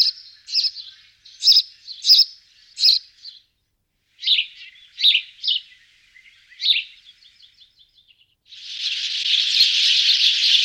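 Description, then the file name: House sparrow chirping: short, bright chirps repeated at loose intervals, a brief pause midway, ending in a dense, hissing wash of sound. "passer domesticus"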